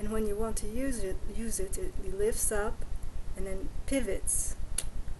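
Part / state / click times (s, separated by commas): pivoting ballet barre into its wall-mounted locking bracket / seated / 4.8 s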